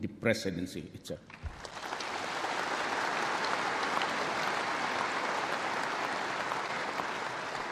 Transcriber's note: applause